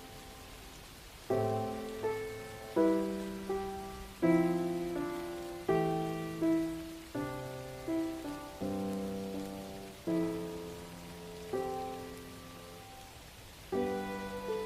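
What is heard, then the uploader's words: Music with soft rain: a steady hiss of rain runs throughout and is heard alone for the first second. Then gentle chords begin, struck roughly every one and a half seconds and left to ring and fade, with a slow, even rhythm. Relaxing minecraft music with soft rain.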